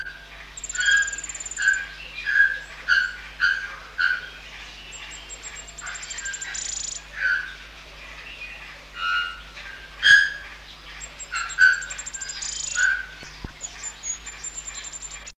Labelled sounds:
Red-throated Twinspot call

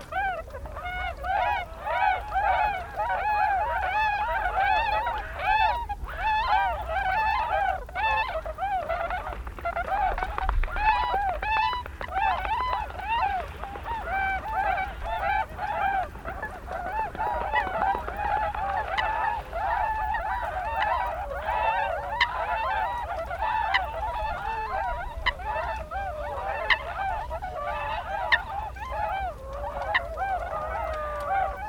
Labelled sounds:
Tundra Swan call

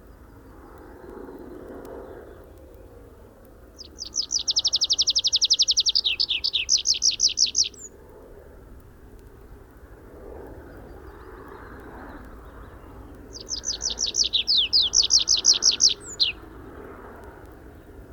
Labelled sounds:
Tree Pipit flight song

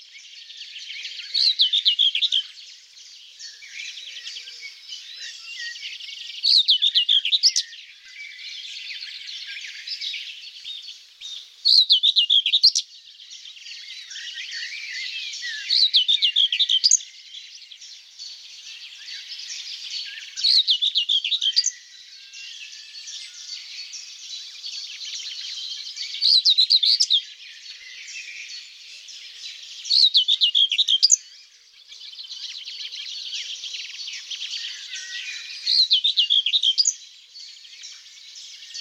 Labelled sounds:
Common Whitethroat song

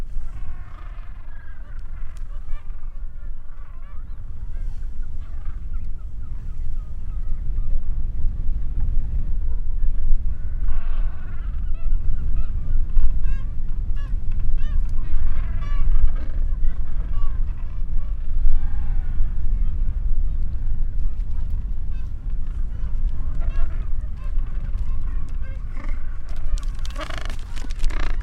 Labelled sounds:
Gentoo Penguin call

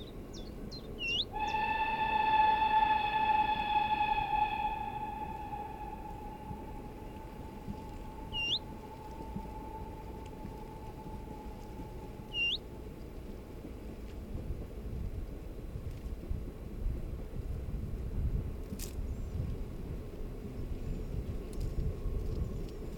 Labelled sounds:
Willow Warbler

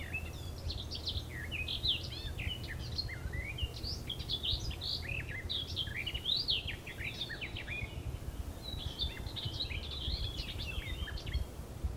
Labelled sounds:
Garden Warbler song

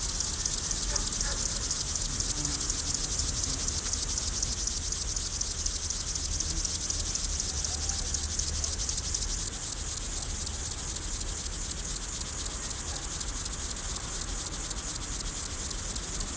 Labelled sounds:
Upland Field Grasshopper stridulation

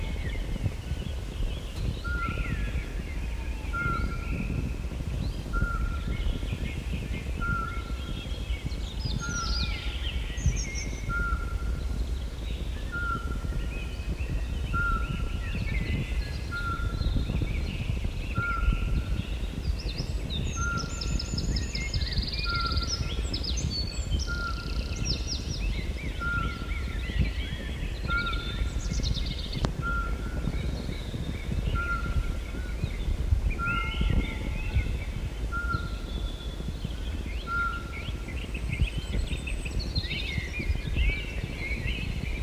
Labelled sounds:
Eurasian Pygmy Owl

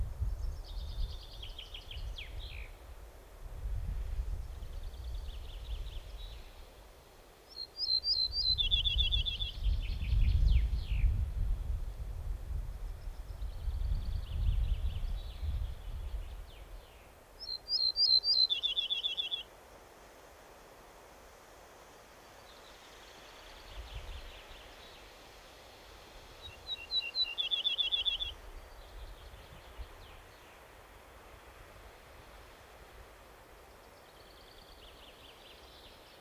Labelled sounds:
Ortolan Bunting song

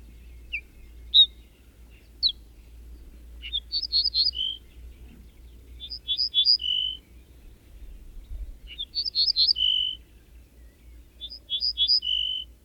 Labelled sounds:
Ortolan Bunting

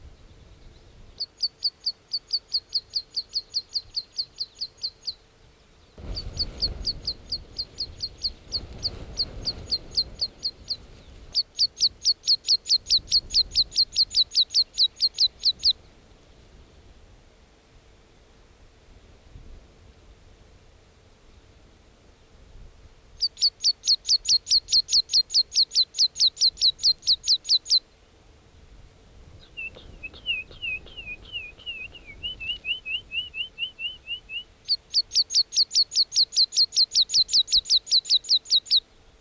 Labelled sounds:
Meadow Pipit

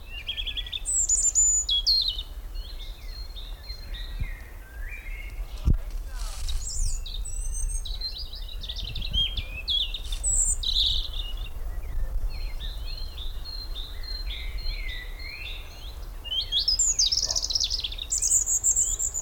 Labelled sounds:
European Robin

